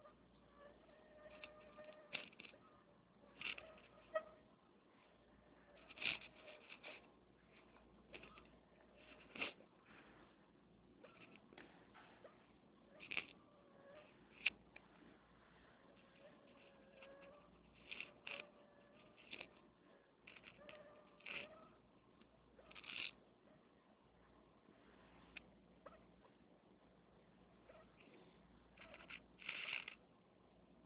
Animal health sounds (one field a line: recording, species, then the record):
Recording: mosquito flight sound by mobile phone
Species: Anopheles minimus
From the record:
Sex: female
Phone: Nokia 6555B